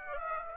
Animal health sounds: mosquito wingbeat signal from an infrared sensor; Aedes aegypti

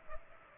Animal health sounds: mosquito wingbeat signal from an infrared sensor; Culex pipiens

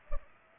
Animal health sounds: mosquito wingbeat signal from an infrared sensor; Culex pipiens

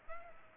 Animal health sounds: mosquito wingbeat signal from an infrared sensor; Aedes aegypti

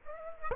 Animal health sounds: mosquito wingbeat signal from an infrared sensor; Aedes aegypti

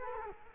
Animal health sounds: mosquito wingbeat signal from an infrared sensor; Culex quinquefasciatus

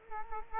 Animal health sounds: mosquito wingbeat signal from an infrared sensor; Culex quinquefasciatus

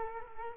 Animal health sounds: mosquito wingbeat signal from an infrared sensor; Culex quinquefasciatus

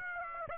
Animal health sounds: mosquito wingbeat signal from an infrared sensor; Aedes aegypti

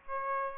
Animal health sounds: mosquito wingbeat signal from an infrared sensor; Aedes aegypti

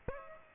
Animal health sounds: mosquito wingbeat signal from an infrared sensor; Aedes aegypti

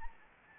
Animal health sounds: mosquito wingbeat signal from an infrared sensor; Anopheles gambiae

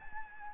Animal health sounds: mosquito wingbeat signal from an infrared sensor; Aedes albopictus

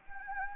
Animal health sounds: mosquito wingbeat signal from an infrared sensor; Anopheles gambiae

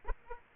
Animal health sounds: mosquito wingbeat signal from an infrared sensor; Aedes aegypti

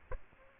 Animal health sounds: mosquito wingbeat signal from an infrared sensor; Aedes aegypti

